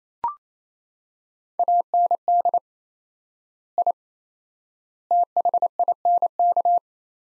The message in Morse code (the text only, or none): AND I THINK